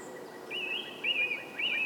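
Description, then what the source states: Bird singing a sustained, wavering whistled warble that rises and dips, with a few faint chirps behind it. Soundscape.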